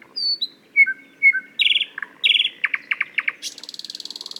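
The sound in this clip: Thrush nightingale singing: slurred whistles falling in pitch, a few harsh chirps, a short series of sharp clicks, then a rapid high rattle.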